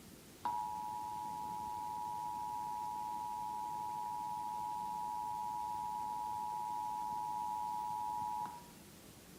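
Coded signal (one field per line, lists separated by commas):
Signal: Emergency Alert System (SAME) tones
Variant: 853 and 960 Hz attention tone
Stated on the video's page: Failed Required Monthly Test originated from an AM station and relayed to all state radio and TV stations, heard on two stations.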